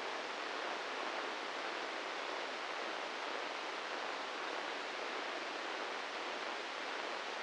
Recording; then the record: brain microelectrode recording played as sound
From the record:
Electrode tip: inside the subthalamic nucleus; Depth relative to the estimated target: 2 mm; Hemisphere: right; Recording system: NeuroSet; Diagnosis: Parkinson's disease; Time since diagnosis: 15 years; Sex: male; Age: 65 years